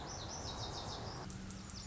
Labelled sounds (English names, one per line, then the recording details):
Lazuli Bunting
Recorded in Sonoma County, California